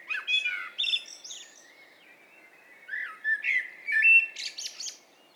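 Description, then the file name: Common blackbird with flowing whistled phrases rising and falling, ending in a burst of high, scratchy twitters. "Turdus merula"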